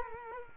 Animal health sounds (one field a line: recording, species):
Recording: mosquito wingbeat signal from an infrared sensor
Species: Culex quinquefasciatus